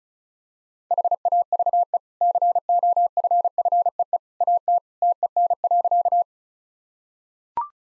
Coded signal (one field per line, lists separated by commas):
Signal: Morse code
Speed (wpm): 34 wpm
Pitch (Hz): 700 Hz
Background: none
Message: HAVE COFFEE AT TEN.